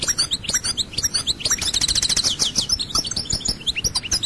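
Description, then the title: European goldfinch singing a rapid, tinkling twitter of high chirps, swelling midway into a dense burst of buzzy, slurred notes before returning to quick chattering phrases. "Chant Chardonneret"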